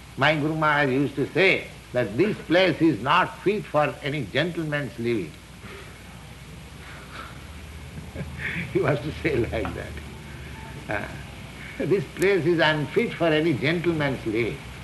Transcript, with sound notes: My Guru Mahārāja used to say that "This place is not fit for any gentleman's living." [chuckles] He was to say like that: "This place is unfit for any gentleman's living."